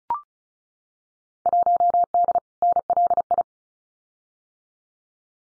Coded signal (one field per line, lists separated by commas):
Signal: Morse code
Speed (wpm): 34 wpm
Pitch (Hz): 700 Hz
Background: none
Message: 1D NLI